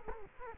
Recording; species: mosquito wingbeat signal from an infrared sensor; Culex quinquefasciatus